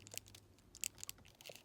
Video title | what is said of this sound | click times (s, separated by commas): KING LEONIDAS by Wind Toys | Oh my gosh, it's a little tight. So, okay, it clicked. Perfect. | 0.8 s